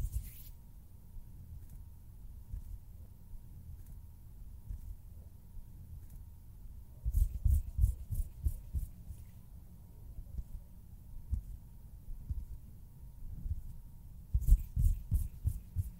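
Hand sounds: quick bursts of soft fingers fluttering, with rapid light taps in two clusters around seven to nine seconds and again near fourteen to sixteen seconds. Between them, a low rumble and a faint steady hum continue, with occasional isolated soft knocks.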